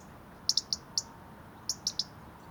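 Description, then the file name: European robin's high, clipped call notes, a short series of ticks in two groups of four and three, over faint background hiss. "Erithacus rubecula"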